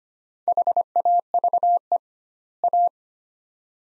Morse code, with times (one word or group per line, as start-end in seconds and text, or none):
0.5-2.0 HAVE
2.6-2.9 A